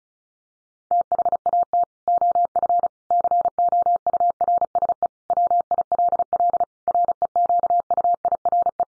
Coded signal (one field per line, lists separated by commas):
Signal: Morse code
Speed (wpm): 34 wpm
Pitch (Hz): 700 Hz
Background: none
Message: THAT OF COURSE WILL REQUIRE